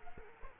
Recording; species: mosquito wingbeat signal from an infrared sensor; Culex quinquefasciatus